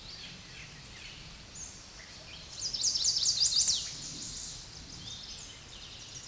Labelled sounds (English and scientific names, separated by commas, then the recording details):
Chestnut-sided Warbler (Setophaga pensylvanica) song
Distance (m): 5 m
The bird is about level with the microphone
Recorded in a Pennsylvania forest on 16 May 2024 at 06:52
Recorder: AudioMoth, point MSD-0475
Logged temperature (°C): 12.3 °C
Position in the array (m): 150 m, -1 m